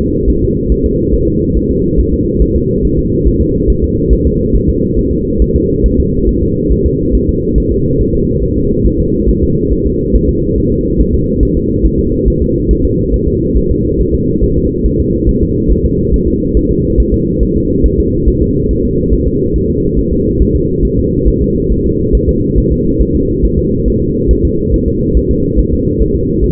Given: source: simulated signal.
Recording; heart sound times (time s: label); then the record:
fetal heart sounds
0.01 s: S2
0.29 s: S1
0.44 s: S2
0.72 s: S1
0.86 s: S2
1.14 s: S1
1.28 s: S2
1.57 s: S1
1.71 s: S2
2.00 s: S1
2.14 s: S2
2.42 s: S1
2.56 s: S2
2.85 s: S1
2.99 s: S2
3.27 s: S1
3.41 s: S2
3.70 s: S1
3.84 s: S2
4.13 s: S1
4.27 s: S2
4.56 s: S1
4.70 s: S2
4.99 s: S1
5.13 s: S2
5.42 s: S1
5.56 s: S2
5.86 s: S1
6.00 s: S2
6.29 s: S1
6.43 s: S2
6.72 s: S1
6.86 s: S2
7.15 s: S1
7.29 s: S2
7.58 s: S1
7.72 s: S2
8.01 s: S1
8.15 s: S2
8.43 s: S1
8.57 s: S2
8.86 s: S1
9.00 s: S2
9.29 s: S1
9.44 s: S2
9.72 s: S1
9.87 s: S2
10.15 s: S1
10.29 s: S2
10.58 s: S1
10.72 s: S2
11.00 s: S1
11.15 s: S2
11.43 s: S1
11.57 s: S2
11.85 s: S1
12.00 s: S2
12.28 s: S1
12.42 s: S2
12.71 s: S1
12.85 s: S2
13.14 s: S1
13.28 s: S2
13.57 s: S1
13.72 s: S2
14.00 s: S1
14.15 s: S2
14.44 s: S1
14.58 s: S2
14.86 s: S1
15.00 s: S2
15.29 s: S1
15.43 s: S2
15.72 s: S1
15.86 s: S2
16.14 s: S1
16.28 s: S2
16.57 s: S1
16.71 s: S2
17.00 s: S1
17.14 s: S2
17.43 s: S1
17.57 s: S2
17.86 s: S1
18.00 s: S2
18.28 s: S1
18.43 s: S2
18.71 s: S1
18.85 s: S2
19.13 s: S1
19.28 s: S2
19.56 s: S1
19.70 s: S2
19.99 s: S1
20.13 s: S2
20.41 s: S1
20.56 s: S2
20.85 s: S1
20.99 s: S2
21.28 s: S1
21.42 s: S2
21.72 s: S1
21.86 s: S2
22.15 s: S1
22.29 s: S2
22.58 s: S1
22.72 s: S2
23.01 s: S1
23.16 s: S2
23.45 s: S1
23.59 s: S2
23.88 s: S1
24.02 s: S2
24.31 s: S1
24.45 s: S2
24.74 s: S1
24.88 s: S2
25.17 s: S1
25.31 s: S2
25.59 s: S1
25.73 s: S2
26.02 s: S1
26.16 s: S2
26.44 s: S1
From the record:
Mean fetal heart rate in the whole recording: 140 bpm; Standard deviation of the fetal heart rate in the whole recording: 2 bpm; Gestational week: 34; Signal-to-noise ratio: -10.2 dB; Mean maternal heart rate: 72 bpm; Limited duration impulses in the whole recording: present